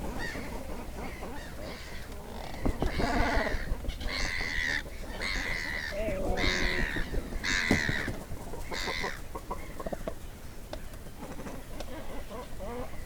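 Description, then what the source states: Cormorants giving harsh, raspy croaking calls in a noisy burst from about three to nine seconds, over a steady low rumble with scattered rustling. Cormorants inside the nest with loud wing sounds; mono recording made with a DPA 4061 microphone.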